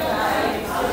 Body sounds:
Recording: background sound without coughing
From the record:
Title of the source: 40 min - Ambience sounds UNIVERSITY lunchroom chatting

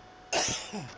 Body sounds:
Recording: coughing mixed with background sound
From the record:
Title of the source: Dry Afternoon Cough

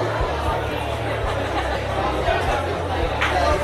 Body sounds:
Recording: background sound without coughing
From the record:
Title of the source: CITY SOUNDS Busy Bar in the Evening Night - 2 HOURS of Ambiance for Relaxation

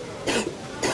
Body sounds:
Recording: coughing mixed with background sound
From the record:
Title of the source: 61 morning phlegmy cough...again

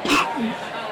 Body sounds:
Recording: coughing mixed with background sound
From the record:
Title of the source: 64 coughing, allergies, singing lungs

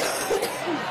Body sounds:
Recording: coughing mixed with background sound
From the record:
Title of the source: 30 Chesty and wet cough

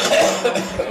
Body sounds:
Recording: coughing mixed with background sound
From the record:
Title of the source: Cough Around the Clock!

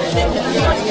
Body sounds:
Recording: background sound without coughing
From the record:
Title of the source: Nightlife Party Simulating Party Club Noise 1 Hour

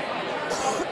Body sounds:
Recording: coughing mixed with background sound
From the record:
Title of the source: 31 night wet cough

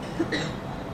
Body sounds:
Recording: coughing mixed with background sound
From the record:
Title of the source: female coughing - coughing sound effects girl

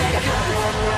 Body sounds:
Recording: coughing mixed with background sound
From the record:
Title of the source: choking, hacking coughing

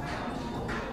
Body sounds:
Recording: background sound without coughing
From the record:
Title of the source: 60 minutes of coffee shop sounds for study and concentration

